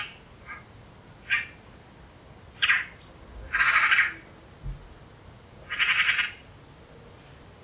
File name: Ekster Pica pica